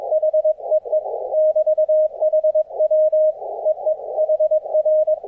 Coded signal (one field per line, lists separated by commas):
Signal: Morse code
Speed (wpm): 22 wpm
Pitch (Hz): 620 Hz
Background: none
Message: HEE <BT> HW EE HR